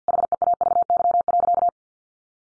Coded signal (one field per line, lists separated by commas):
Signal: Morse code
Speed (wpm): 50 wpm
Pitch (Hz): 700 Hz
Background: none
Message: HEAVY.